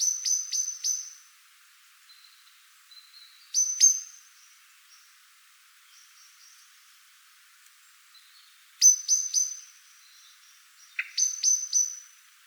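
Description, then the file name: Common blackbird calling with metallic chink notes in tight groups of two to four, separated by pauses of up to five seconds. "Turdus merula"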